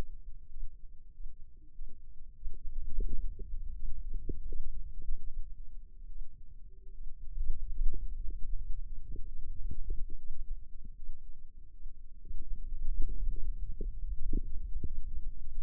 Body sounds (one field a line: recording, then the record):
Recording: forearm muscle sounds (acoustic myography)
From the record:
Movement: radial deviation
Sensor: system 2, bracelet of six BSWA MPA416 microphones around the upper forearm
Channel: 2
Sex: female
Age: 25 years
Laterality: right